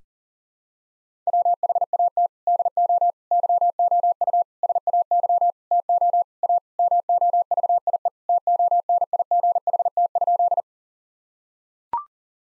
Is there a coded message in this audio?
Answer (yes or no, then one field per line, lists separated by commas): yes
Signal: Morse code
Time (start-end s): 1.3-10.6 s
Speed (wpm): 40 wpm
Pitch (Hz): 700 Hz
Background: none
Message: WHAT DO YOU SAY TO A MOVIE TONIGHT?